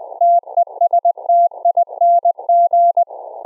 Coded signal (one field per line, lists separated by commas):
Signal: Morse code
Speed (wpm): 20 wpm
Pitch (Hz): 690 Hz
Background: none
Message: TESTING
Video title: Secure Reliable Transport Protocol(SRT) for REMOTE RIG CW operations on a Raspberry Pi RIG interface